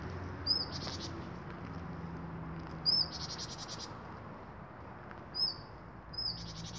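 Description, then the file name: Great tit calls, each a thin rising note followed by a buzzy rattling churr, given four times at uneven intervals over a faint background hum. "Parus major"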